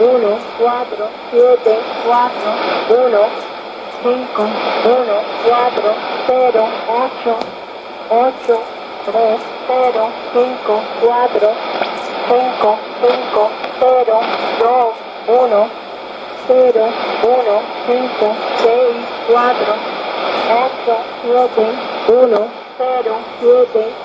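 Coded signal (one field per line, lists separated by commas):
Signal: numbers station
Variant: HM01, Spanish voice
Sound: a voice reading single digits one at a time at an even pace over hiss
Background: radio static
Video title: 23 10 2015 Cuban Spy Numbers HM01 in Spanish 0700 on 9330 Bejucal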